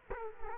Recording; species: mosquito wingbeat signal from an infrared sensor; Culex quinquefasciatus